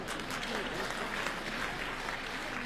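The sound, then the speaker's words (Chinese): Steady audience applause, a dense wash of many hands clapping at an even, fairly loud level for a few seconds, with no clear voices standing out. “别鼓掌，坏了坏了，秦刘感了。”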